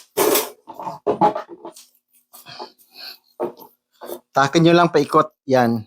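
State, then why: Not seated. Someone talks while handling a chisel bit on an electric jack hammer, pulling the retainer and moving the bit before turning it into the locked position. Short handling knocks are heard at about 0.7, 0.8 and 1.8 seconds between the speech. Nothing has seated or clicked yet.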